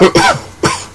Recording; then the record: coughing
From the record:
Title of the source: Dry Coughing Fit in the Afternoon.